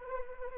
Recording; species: mosquito wingbeat signal from an infrared sensor; Anopheles arabiensis